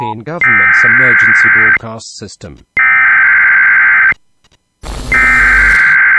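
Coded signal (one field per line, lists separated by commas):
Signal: Emergency Alert System (SAME) tones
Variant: header bursts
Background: speech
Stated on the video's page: Parody, unofficial concept of a Philippine emergency broadcast system; simulated alert.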